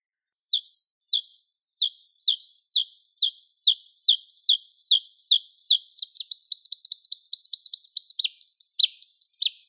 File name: Luscinia svecica